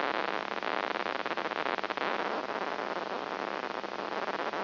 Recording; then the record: brain microelectrode recording played as sound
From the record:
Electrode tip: inside the subthalamic nucleus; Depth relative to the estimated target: -2.5 mm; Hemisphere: right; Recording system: AlphaMap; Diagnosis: Parkinson's disease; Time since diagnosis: 7 years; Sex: female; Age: 55 years